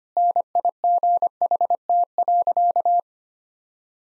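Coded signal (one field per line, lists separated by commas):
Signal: Morse code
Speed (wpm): 25 wpm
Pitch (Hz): 700 Hz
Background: none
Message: NIGHT.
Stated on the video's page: Morse code practice at 25 wpm: sentences built from common five-word phrases, sent, spoken, then sent again for head-copy.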